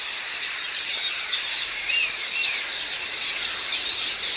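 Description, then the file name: House sparrow chirps, several short louder notes standing out against a dense background of many overlapping chirps. "Passer domesticus"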